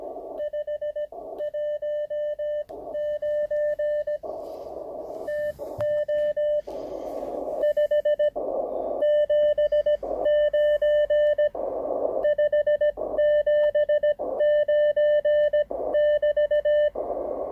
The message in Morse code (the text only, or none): 519 TO 579 579<BT>